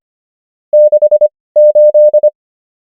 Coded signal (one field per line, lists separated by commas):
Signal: Morse code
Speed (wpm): 25 wpm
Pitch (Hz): 600 Hz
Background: none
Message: 68